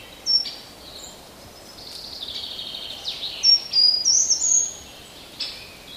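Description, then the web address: Songbird calls: a single sharp chirp, then a cluster of high, thin, slurred notes midway, over soft twittering and a steady hiss. Recorded in a garden. "wroblowe kolekcja ogrodowy"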